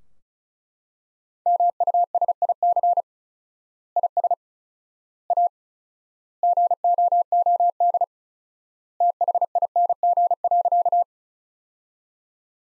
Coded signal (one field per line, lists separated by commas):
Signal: Morse code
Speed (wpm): 36 wpm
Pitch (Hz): 700 Hz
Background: none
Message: MUSIC IS A GOOD THING.